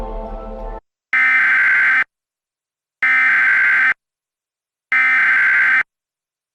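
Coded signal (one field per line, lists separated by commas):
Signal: Emergency Alert System (SAME) tones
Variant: header bursts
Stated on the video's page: Valid EAS tones in a fictional EAS scenario about severe winter weather across the United States.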